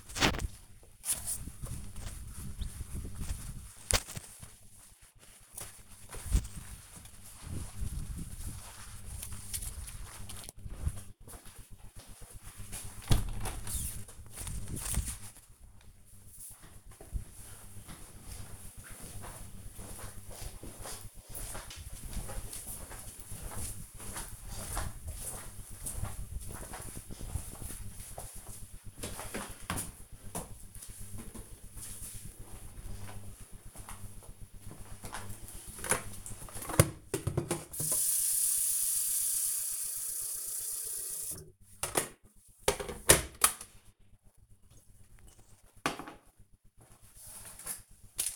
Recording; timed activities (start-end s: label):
household activities, microphone on the right wrist
0.00-12.74 s: window cleaning
34.86-48.36 s: making tea